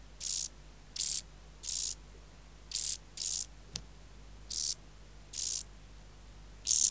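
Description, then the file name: Common field grasshopper song: brief rasping chirps at irregular intervals, eight in total, with a single soft click midway and low background hum. "Chorthippus brunneus"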